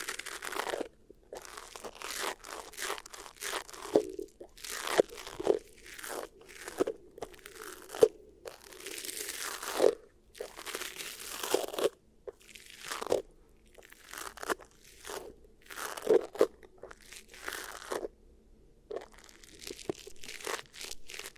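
Beeswax ear triggers: sticky, crunchy crackles in irregular bursts with brief silences, some sharp pops, steady throughout, a low hum underneath.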